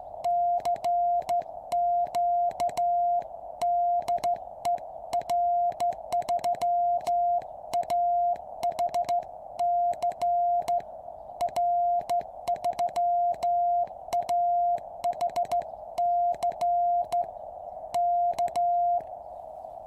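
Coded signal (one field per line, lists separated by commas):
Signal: Morse code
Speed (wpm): 14 wpm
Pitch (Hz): 700 Hz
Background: music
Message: CQ DE R3AHC R3AHC K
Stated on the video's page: QRP CW from a QCX-mini transceiver on 3x18650 batteries, 10-metre end-fed antenna with 1:64 balun on 7-metre fishing-pole mast.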